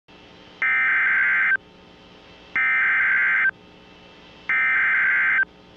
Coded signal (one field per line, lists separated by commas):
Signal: Emergency Alert System (SAME) tones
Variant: header bursts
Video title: NOAA Weather Radio - Special Marine Warning - December 2nd, 2023 (EAS# 6)